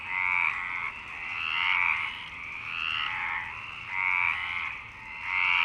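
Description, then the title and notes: Frogs croaking in overlapping pulsed bursts, the chorus swelling and fading repeatedly. Several frogs in Parc Longchamp, Marseille, Provence-Alpes-Côte d'Azur, France, 26 March 2011 at 19:35; recorded on a MixPre 6 with Basic Ucho microphones. "Marseille, Provence-Alpes-Côte d'Azur, France - 26_03_11_19_35 Longchamps_004 grenouilles. Grenouilles au parc de Longchamp MIXPRE 6 + BASIC UCHO"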